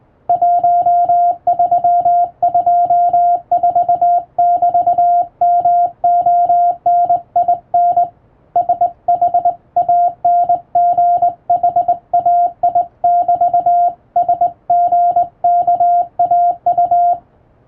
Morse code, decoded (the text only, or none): 1324<BT>MONIN SHANGHAI<BT>SGKAU